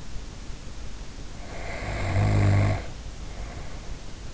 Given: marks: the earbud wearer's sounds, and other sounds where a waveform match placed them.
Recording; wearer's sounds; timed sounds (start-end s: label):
sounds in sleep by an in-ear microphone; snoring breath
1.25-4.16 s: snoring breath